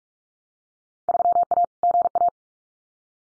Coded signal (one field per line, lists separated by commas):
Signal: Morse code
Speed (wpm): 44 wpm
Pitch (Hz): 700 Hz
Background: none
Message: 3A GA